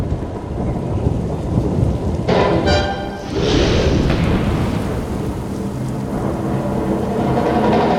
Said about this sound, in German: Aber der Donner!